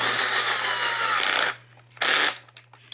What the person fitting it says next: You can hear that clicking, that's the clutch. So it doesn't over tighten it.